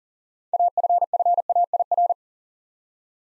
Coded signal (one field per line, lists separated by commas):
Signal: Morse code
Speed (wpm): 42 wpm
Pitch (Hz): 700 Hz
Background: none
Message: AFFAIR